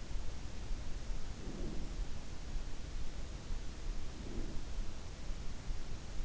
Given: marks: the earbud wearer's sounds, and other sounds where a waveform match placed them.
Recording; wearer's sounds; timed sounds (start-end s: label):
sounds in sleep by an in-ear microphone; breath
1.27-2.08 s: breath
3.92-4.80 s: breath